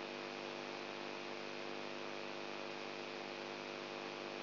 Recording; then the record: brain microelectrode recording played as sound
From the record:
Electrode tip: outside the subthalamic nucleus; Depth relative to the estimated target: -5 mm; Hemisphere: right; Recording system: AlphaMap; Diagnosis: Parkinson's disease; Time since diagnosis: 20 years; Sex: female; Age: 64 years